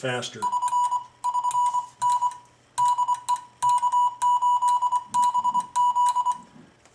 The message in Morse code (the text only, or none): <SN> <SN> N DE K8BZ